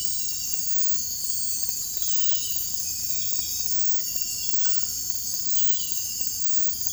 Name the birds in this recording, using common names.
none